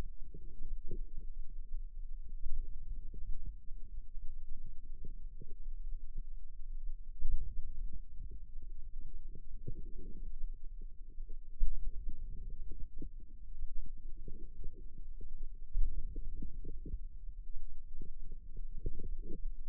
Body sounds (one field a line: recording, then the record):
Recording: forearm muscle sounds (acoustic myography)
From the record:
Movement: outward rotation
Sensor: system 2, bracelet of six BSWA MPA416 microphones around the upper forearm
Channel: 2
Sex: female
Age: 22 years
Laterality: right